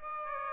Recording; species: mosquito wingbeat signal from an infrared sensor; Aedes aegypti